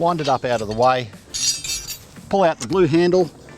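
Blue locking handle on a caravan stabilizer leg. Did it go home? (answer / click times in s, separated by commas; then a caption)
no / none. Someone talks while the stabilizer leg on an MDC XT15PT offroad caravan is wound up out of the way and its blue locking handle is pulled out to raise it, with a burst of hissy, high-pitched handling noise in the pause between the speech. The clip ends before the blue handle locks into place, so nothing has seated or clicked yet.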